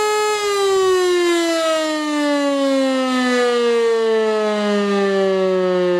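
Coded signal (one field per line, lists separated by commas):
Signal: siren signal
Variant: E57 electromechanical siren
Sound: loud mechanical siren wail with a slowly falling pitch that continues through the clip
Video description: und dann geht die Sirene zum Signal "Feueralarm" los!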